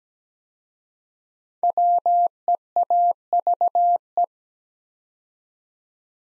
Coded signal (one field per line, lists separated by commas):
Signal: Morse code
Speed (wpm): 17 wpm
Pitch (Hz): 700 Hz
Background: none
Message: WEAVE